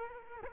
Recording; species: mosquito wingbeat signal from an infrared sensor; Culex quinquefasciatus